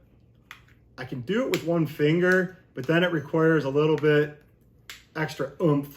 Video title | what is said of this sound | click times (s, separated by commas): Reviewing 8 iPhone 15 Pro Cases - UAG SUPCASE Nillkin Skull Pelican Humixx Spigen Camera Cover | I can do it with one finger but then it requires a little bit extra oomph to make it click into place it's a mechanical click | 0.5 s